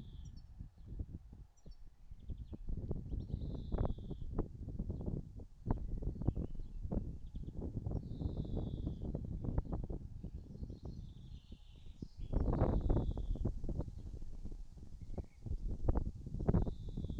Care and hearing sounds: everyday scene through a hearing-aid microphone; wind on the microphone; wind, birds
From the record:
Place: in front of a rural house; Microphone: in the ear canal, right

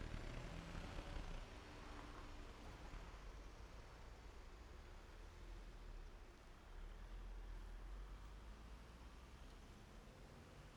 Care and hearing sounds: everyday scene through a hearing-aid microphone; in traffic; traffic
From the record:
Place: main road on the outskirts, rush hour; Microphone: behind the ear, right, rear

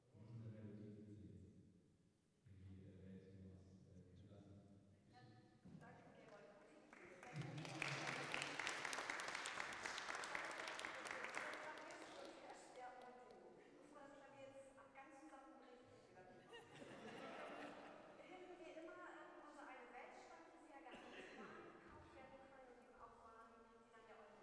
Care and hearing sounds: everyday scene through a hearing-aid microphone; reverberant space; speech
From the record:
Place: church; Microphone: behind the ear, right, front

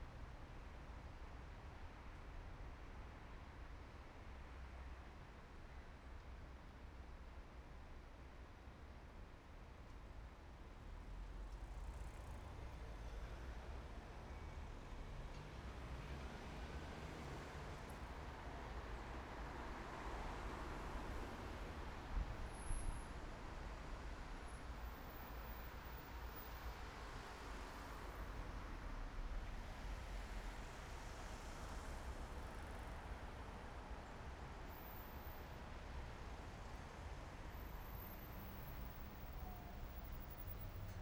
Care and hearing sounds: everyday scene through a hearing-aid microphone; in traffic; traffic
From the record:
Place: main city hub, rush hour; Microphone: behind the ear, right, front

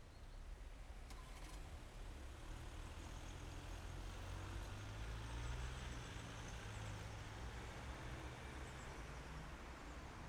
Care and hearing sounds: everyday scene through a hearing-aid microphone; in traffic; traffic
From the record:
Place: main city hub, rush hour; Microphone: behind the ear, left, front

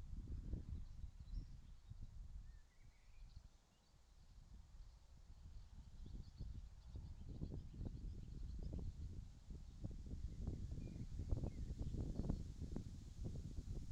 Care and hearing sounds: everyday scene through a hearing-aid microphone; wind on the microphone; wind, birds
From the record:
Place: in front of a rural house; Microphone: in the ear canal, left

